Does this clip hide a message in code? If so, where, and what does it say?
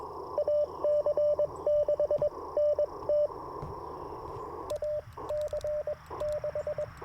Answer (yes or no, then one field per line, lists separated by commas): yes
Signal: Morse code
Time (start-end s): 0.4-6.8 s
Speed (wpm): 21 wpm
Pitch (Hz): 600 Hz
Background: radio noise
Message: AC6NT AC6